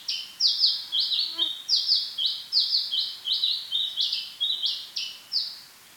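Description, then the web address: House sparrow song made of loud, bright chirps, repeated steadily and slightly varied in pitch, then stopping just before the end. Song, recorded 13 July 2007 at 09:39. "physp 0939 varpai"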